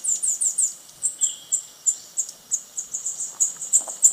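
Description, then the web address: Montane woodcreeper song: a steady run of sharp, very high notes, several per second, continuing throughout. Ecuador. "Birds of Ecuador. Montane Woodcreeper"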